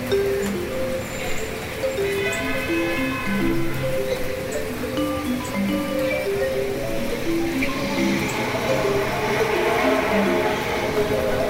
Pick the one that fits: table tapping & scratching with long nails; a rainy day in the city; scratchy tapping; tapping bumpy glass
a rainy day in the city